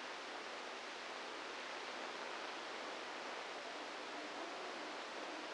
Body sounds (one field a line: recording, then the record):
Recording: brain microelectrode recording played as sound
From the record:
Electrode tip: inside the subthalamic nucleus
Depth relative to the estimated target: 0 mm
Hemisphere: left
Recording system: NeuroSet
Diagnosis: Parkinson's disease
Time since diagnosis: 27 years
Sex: male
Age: 62 years